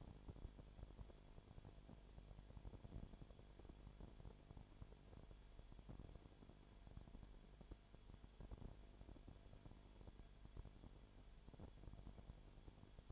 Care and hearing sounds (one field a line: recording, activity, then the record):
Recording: daily activity, microphone in the room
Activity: no activity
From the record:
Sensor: 5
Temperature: 19.9 degrees Celsius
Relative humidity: 37.1%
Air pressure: 1007.4 hPa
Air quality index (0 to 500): 84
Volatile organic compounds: 1 ppm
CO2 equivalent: 962 ppm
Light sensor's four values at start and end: 2/3/1/1 and 2/3/1/1